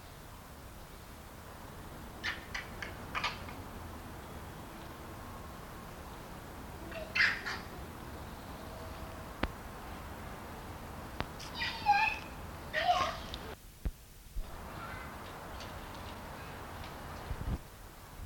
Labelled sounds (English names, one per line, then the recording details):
Barbary Macaque
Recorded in captivity
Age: adult
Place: Tiergarten Nürnberg, Bayern, DE
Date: 1993-09-14 17:11
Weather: 12 °C, bedeckt
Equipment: Marantz CP 430, Sennheiser MKH 416 T, Kopie Uher Variocord 263
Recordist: Tembrock, Günter
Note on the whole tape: Agonistisch